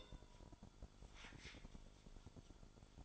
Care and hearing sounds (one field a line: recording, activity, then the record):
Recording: daily activity, microphone in the room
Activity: take from stove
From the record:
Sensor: 5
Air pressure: 1008.2 hPa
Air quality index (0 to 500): 126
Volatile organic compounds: 1 ppm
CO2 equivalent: 968 ppm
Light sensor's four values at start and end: 28/61/26/26 and 28/62/25/25